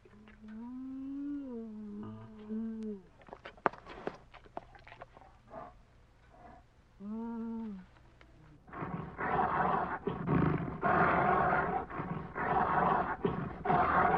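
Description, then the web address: Bear moaning in drawn-out, slightly wavering tonal calls, a pause, another short moan, then a run of rough, loud roaring growls. "медведь"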